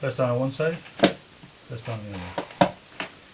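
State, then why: Seated. A RAM memory stick, lined up by its notch, is pressed down on one side and then the other into a motherboard memory slot while someone talks. Sharp transients sound at about 1.0 and 2.6 seconds, and the retaining clips click at 3.0 seconds as the module seats in the slot.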